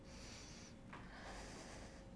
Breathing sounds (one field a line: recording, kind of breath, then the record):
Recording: one breath in and out by a microphone near the nose and mouth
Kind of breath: deep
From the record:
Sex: male